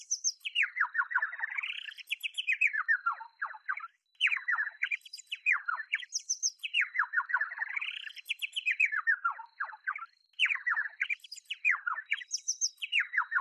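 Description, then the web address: Bird singing rapid tumbling chirps that rise and fall in repeated phrases with short pauses between them, high sparkling notes above, and a constant faint whine throughout. "sakerhets-sm forensik beautiful-birds birds"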